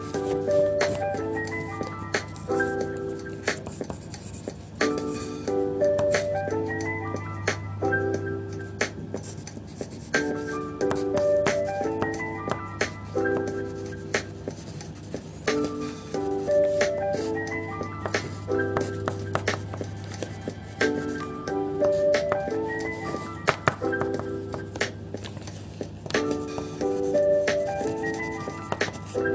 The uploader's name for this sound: bg music and scribbling sounds